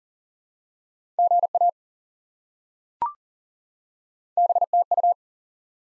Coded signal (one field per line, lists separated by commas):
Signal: Morse code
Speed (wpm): 40 wpm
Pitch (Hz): 700 Hz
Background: none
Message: GA BTU